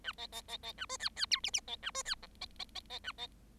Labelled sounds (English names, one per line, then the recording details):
Bengalese Finch song
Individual Bird7